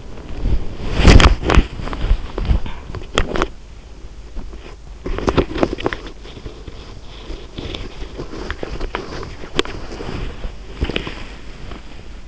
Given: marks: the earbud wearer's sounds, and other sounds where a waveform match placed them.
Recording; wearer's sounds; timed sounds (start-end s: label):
sounds in sleep by an in-ear microphone; body movement
0.00-3.56 s: body movement
4.33-12.28 s: body movement